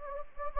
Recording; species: mosquito wingbeat signal from an infrared sensor; Anopheles gambiae